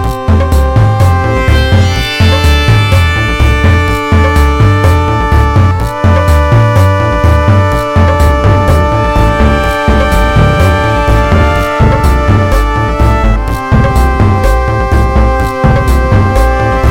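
Hard blips snap in at a quick, regular pace over a dense bed of sustained, held tones. A thumping low pulse repeats in a steady pattern underneath, while the higher tones shift pitch every few seconds. Loudness stays high and even throughout.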